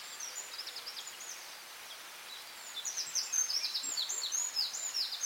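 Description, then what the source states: Chorus of birds, soft twittering at first, then louder overlapping high chirps and warbled phrases filling the second half. Dawn chorus at dawn in Anglesey, Wales.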